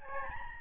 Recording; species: mosquito wingbeat signal from an infrared sensor; Aedes albopictus